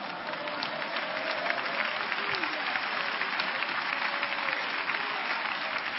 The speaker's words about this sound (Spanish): Levanta tu mano y adora la gloria de Dios. Dale palmas a Cristo.